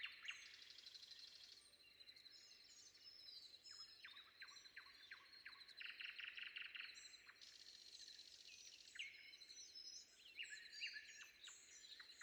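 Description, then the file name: Common nightingale song with bursts of rapid, evenly repeated notes and clicking trills between varied whistled phrases. Recorded before dawn. "predawn nightingale"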